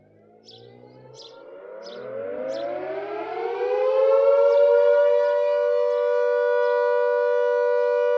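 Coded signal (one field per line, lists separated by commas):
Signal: siren signal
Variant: air raid siren All Clear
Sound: mechanical siren spinning up, rising wail settling into a steady continuous tone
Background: faint outdoor sounds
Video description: The last ever "All Clear" signal on the Isle of Man air raid siren network to mark the 75th anniversary of VE Day.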